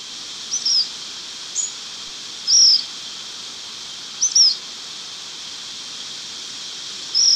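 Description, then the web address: Black phoebe giving thin, sharp chip notes at irregular intervals, some single and some paired, against a constant hissing background. Ecuador. "Birds of Ecuador. Black Phoebe"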